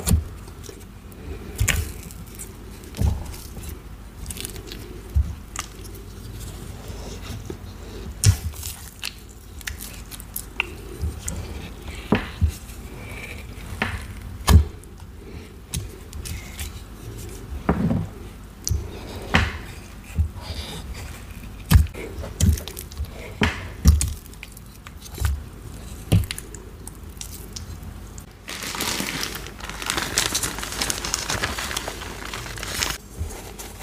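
Crunching of cornstarch chunks: sharp, irregular snaps and crackles every second or so, some with a soft low thud beneath. Near the end, around the 28-second mark, a denser gritty rustling rises and continues briefly.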